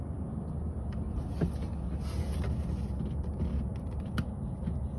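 A plastic wiring harness connector is pushed back onto an ignition coil during an ignition coil replacement on a 2008 Chevy Silverado 1500, over a steady low rumble with a softer tick near 1.4 s. A short, sharp click at 4.2 s marks the connector seating home.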